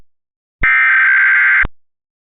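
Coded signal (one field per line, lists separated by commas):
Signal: Emergency Alert System (SAME) tones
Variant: header bursts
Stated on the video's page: Mock EAS alert; simulated, not a real broadcast.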